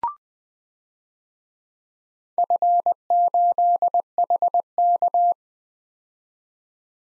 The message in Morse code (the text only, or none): F8HK